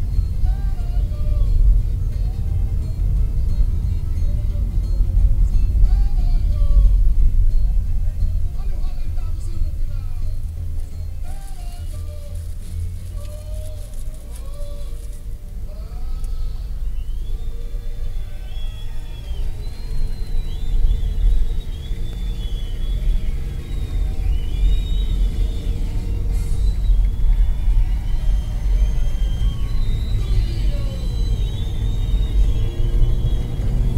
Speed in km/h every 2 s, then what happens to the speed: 35, 37, 37, 26, 15, 9, 12, 14, 16, 17, 26, 34, 43, 48, 48, 52, 64.
4-10 brakes to 9. 10-34 speeds up to 64.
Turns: none.